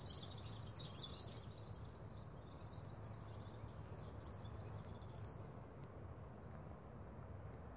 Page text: red fronted serin – Birds of Ladakh